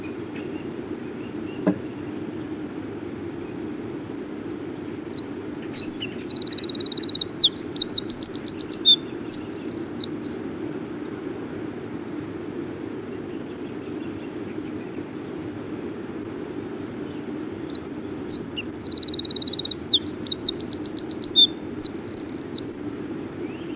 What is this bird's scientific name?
Troglodytes troglodytes